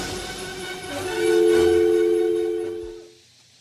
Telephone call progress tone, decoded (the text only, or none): dial tone